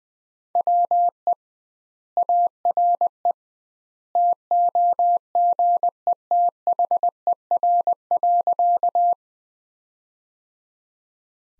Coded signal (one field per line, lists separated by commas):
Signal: Morse code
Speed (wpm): 20 wpm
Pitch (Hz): 700 Hz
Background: none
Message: WE ARE TOGETHER.